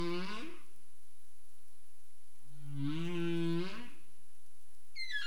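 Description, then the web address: Humpback whale vocalizing: a low harmonic moan fades out, a second moan swells and bends upward, and a higher note starts at the very end. Recorded in the Caribbean on 27 April 2035 at 21:59 UTC. "humpback whale 20350427 215931 UTC"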